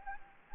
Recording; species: mosquito wingbeat signal from an infrared sensor; Anopheles gambiae